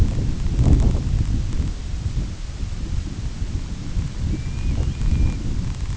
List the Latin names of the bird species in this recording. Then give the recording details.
Pluvialis squatarola. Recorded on Arctic tundra, site IGLO-A, on 22 June 2018. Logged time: 17:59